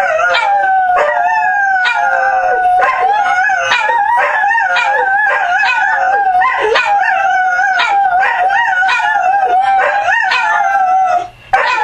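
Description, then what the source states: Dog howling continuously with a wobbling pitch, punctuated by frequent short barks and yips throughout, stopping abruptly at the end. Howling, barking and whining.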